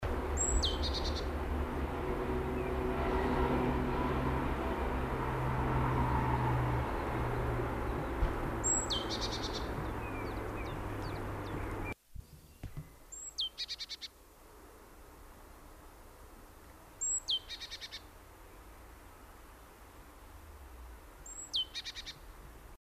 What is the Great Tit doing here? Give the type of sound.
call